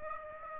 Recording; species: mosquito wingbeat signal from an infrared sensor; Aedes aegypti